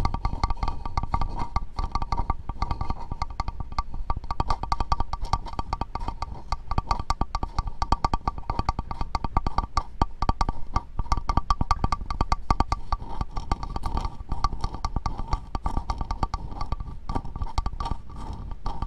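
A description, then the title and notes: Wooden tapping and rubbing, with quick sharp taps falling densely and fairly evenly throughout. Each tap is crisp and bright over a low woody thump, with a faint steady tone running underneath. Wood ASMR soothing tapping and rubbing triggers. A variety of tapping, rubbing, and more.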